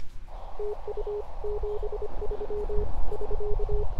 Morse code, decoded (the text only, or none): TU 73 <SK>